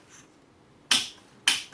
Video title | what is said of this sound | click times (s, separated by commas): VA Distal & Proximal Tibial Locking Plate System｜Orthopedic Trauma Surgery Fixation Live | You can hear the click as well. | 0.9 s, 1.5 s